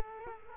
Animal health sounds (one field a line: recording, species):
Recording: mosquito wingbeat signal from an infrared sensor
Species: Culex quinquefasciatus